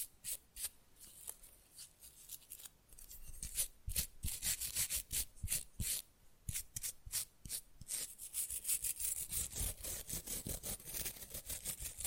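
Fast, rough nail filing scrapes in quick, uneven strokes, each a bright rasping burst, several per second. The strokes come in irregular runs with brief gaps, growing denser and hissier after about eight seconds. Soft low knocks of tapping mix in between.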